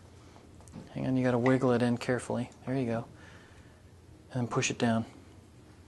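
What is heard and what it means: Someone talks while a wiring connector is handled onto the ignition coil of a Suzuki GSX-S750 motorcycle, after the coil has been wiggled back into place. A couple of faint, brief handling ticks are heard near 0.6 and 0.7 seconds before the connector is pushed down. Nothing has seated or clicked yet.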